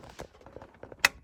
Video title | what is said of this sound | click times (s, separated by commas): Mercedes w211 android install | go there's a click | 1.0 s